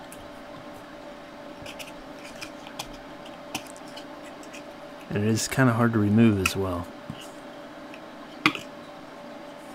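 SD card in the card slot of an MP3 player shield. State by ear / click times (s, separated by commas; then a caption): released / 8.5 s. A microSD card is pulled or pushed to release it from the SD slot on an Arduino MP3 shield, where the slot is still sticky from flux residue and the card is hard to remove. Someone talks briefly over a quiet background with a few small taps. The card comes out with one sharp hit at 8.5 s.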